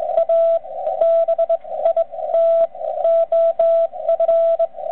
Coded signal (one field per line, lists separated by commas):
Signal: Morse code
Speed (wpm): 20 wpm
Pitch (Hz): 660 Hz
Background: radio noise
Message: A BIT OF